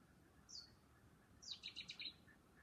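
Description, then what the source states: Bird call: a brief high falling whistle followed a second later by a run of four or five fast, bright chirps. Calling at night.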